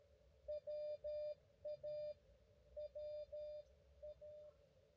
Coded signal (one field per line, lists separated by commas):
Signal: Morse code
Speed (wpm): 13 wpm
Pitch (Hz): 590 Hz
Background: none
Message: WA WA